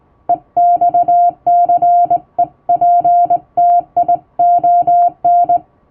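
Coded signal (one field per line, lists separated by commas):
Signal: Morse code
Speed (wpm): 20 wpm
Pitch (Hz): 700 Hz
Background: music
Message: EXCEPTION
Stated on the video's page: Morse sent with a vertical straight key by a first-class radiotelegraph operator, practice text.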